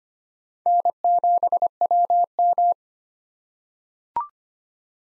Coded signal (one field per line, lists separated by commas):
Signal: Morse code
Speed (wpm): 25 wpm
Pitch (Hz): 700 Hz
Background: none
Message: N7WM